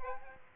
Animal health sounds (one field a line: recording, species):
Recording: mosquito wingbeat signal from an infrared sensor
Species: Aedes aegypti